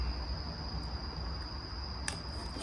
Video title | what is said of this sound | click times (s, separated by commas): Ganti gas Throtle motor listrik Yadea T9 , tiba2 patah dijalan.. | seperti ini. Pastikan sampai bunyi klek kek ya. | 2.1 s